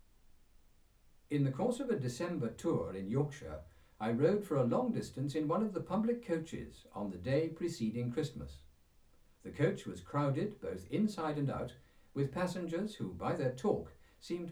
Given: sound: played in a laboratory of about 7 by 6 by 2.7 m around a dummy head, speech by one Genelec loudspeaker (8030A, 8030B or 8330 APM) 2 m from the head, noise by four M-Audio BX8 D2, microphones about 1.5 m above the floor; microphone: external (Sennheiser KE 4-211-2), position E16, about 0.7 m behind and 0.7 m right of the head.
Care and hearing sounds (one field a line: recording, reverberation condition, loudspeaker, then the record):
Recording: male speech in English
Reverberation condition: low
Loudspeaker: 60 degrees to the left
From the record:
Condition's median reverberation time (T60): about 310 ms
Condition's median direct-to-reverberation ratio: about 3.5 dB